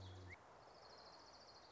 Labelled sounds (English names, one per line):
Orange-crowned Warbler